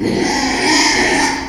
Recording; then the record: squeal of a Yucatan mini pig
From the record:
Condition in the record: after surgery on the right vocal fold (resection and tissue-engineered implant); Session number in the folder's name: 2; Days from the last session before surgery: 13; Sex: male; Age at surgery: 12 weeks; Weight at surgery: 13 kg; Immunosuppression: cyclosporine, prednisolone